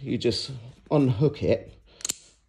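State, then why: Released. A magnetic slider buckle on a bag strap is slid apart and unhooked while someone talks. A sharp plastic click is heard at 2.1 s as the buckle releases, leaving it open.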